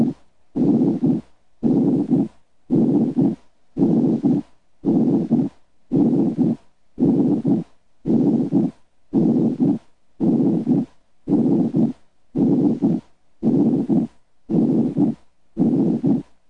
With a pneumothorax in the left lateral lung field, normal breath sounds are heard on the contralateral side over healthy lung tissue.